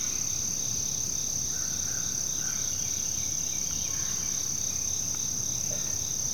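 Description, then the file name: Steady high-pitched cricket chorus, even and continuous, with faint soft bird notes in the middle and a low background rumble. Continual chorus of crickets in forest ambience, with birds. "kevin boucher nature forest ambience continual chorus crickets other insects birds"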